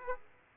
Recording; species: mosquito wingbeat signal from an infrared sensor; Aedes aegypti